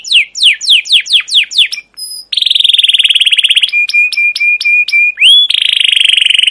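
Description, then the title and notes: Canary song: loud falling chirps, a brief whistle, then buzzy trills and a series of short repeated whistled notes. Long 'cuit cuit ngerol' chirping song, used as a lure and master song for young canaries learning to sing. "CUIT CUIT NGEROL GACOR PANJANG Kenari Pancingan KENAR. PANCINGAN Kenari GACOR PANJANG Cuit CUIT EMOSI MASTERAN Kenari PAUD belajar BUNYI. burung kenari"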